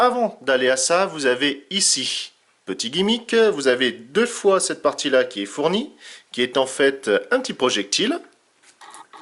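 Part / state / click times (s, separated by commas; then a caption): plastic projectile into the figure's spring-loaded launcher / seated / 8.8 s, 9.1 s. Someone talks while a small plastic projectile is pushed into a spring-loaded launcher on an action figure until it latches against the spring inside. Small clicks from the spring are heard at 8.8 s and 9.1 s, and the projectile is seated in the launcher.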